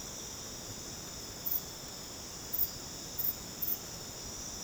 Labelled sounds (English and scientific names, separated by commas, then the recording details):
none
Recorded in dense forest near Puerto Asís, Putumayo, Colombia, on 12 March 2025 at 23:00
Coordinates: 0.486, -76.317
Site G053